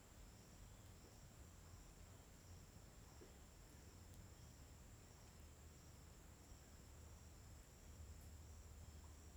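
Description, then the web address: Crickets trill steadily at a high pitch, unchanging from start to finish, over a low rumble. Daytime ambience on a riverbank in the forest in Tocantins, with steady, uniform crickets. "Ambiente na beira do rio na mata com passaros e grilos homogeneos dia. local tocantins"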